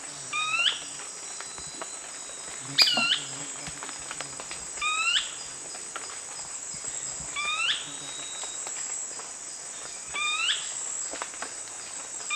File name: Brownish twistwing